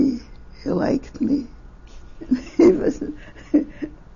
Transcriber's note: she laughs